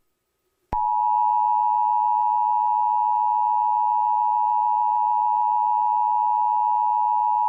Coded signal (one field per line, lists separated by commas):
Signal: Emergency Alert System (SAME) tones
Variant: 853 and 960 Hz attention tone